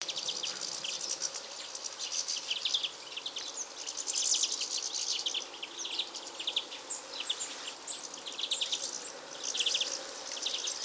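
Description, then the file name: European goldfinch twittering: fast clusters of bright, liquid chirps rising and falling in intensity, several bursts throughout over a constant faint hiss. "Carduelis carduelis"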